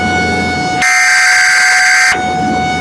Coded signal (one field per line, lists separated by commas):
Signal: Emergency Alert System (SAME) tones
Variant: header bursts